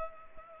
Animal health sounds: mosquito wingbeat signal from an infrared sensor; Culex pipiens

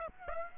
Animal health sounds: mosquito wingbeat signal from an infrared sensor; Aedes aegypti

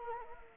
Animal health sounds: mosquito wingbeat signal from an infrared sensor; Anopheles arabiensis

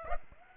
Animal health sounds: mosquito wingbeat signal from an infrared sensor; Aedes aegypti

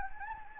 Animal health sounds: mosquito wingbeat signal from an infrared sensor; Anopheles gambiae

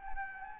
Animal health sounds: mosquito wingbeat signal from an infrared sensor; Anopheles gambiae

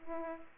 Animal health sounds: mosquito wingbeat signal from an infrared sensor; Aedes aegypti

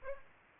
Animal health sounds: mosquito wingbeat signal from an infrared sensor; Aedes aegypti

